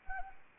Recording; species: mosquito wingbeat signal from an infrared sensor; Anopheles arabiensis